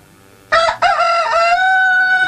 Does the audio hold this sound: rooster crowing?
yes